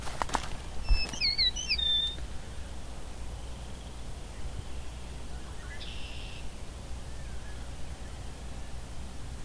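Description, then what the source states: Meadowlark song: a short phrase of clear, slurred whistles sliding down and up, followed by near silence and faint background hiss and low rumble. Meadowlark, unseen, letting the observer come fairly close; clear day with little wind.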